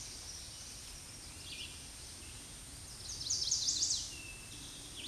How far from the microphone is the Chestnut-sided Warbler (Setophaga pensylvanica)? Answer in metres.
about 25 m